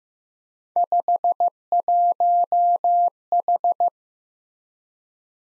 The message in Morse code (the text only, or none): 51H